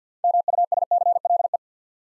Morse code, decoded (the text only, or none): MUSCLE